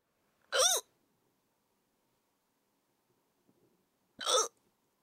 Hiccup woman.